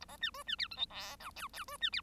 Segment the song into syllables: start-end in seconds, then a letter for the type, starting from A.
0.01-0.05 A, 0.08-0.17 B, 0.21-0.30 C, 0.34-0.43 D, 0.47-0.56 C, 0.58-0.68 E, 0.71-0.76 F, 0.76-0.85 G, 0.90-1.16 H, 1.20-1.30 I, 1.36-1.48 J, 1.53-1.64 J, 1.68-1.77 D, 1.81-1.90 C, 1.92-2.01 E